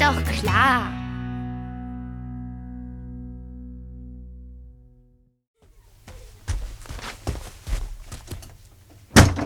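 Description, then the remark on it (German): A long ringing electronic tone fades away, followed by scuffling bursts of activity and then a single loud, sharp bang as a door is slammed shut in anger. “Rums, die Tür ist zu und ich habe sie zugeschlagen.”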